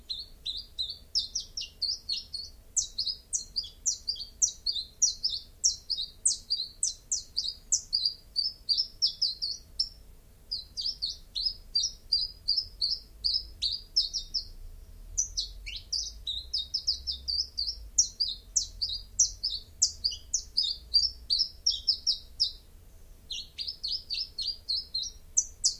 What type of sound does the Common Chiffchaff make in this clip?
song